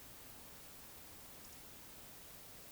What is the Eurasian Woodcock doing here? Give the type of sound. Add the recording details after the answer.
whistle. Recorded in Baden-Württemberg, Germany, on 20 May 2021 at 19:50 UTC. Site 24606, 635 m above sea level